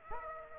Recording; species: mosquito wingbeat signal from an infrared sensor; Aedes aegypti